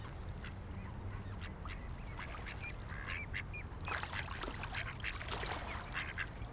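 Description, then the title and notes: Ducks calling, sparse at first then a busy burst of overlapping nasal calls in the second half, over low rumble. Ducks on a lake in a park in Vienna, being given food. "Patos Viena. Este es el momento en el cual en un parque de Viena damos comida a unos patos que encontramos en un lago"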